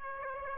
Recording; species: mosquito wingbeat signal from an infrared sensor; Aedes aegypti